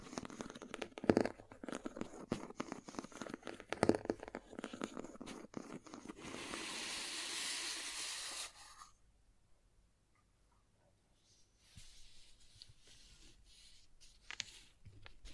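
Crayons tap and scrape in quick, irregular clicks for the first six seconds, followed by a steady dry scratching from about 6 to 8.5 seconds, like carving or drawing. Near-silence follows, then softer scratching and a few sharp taps return after 11 seconds.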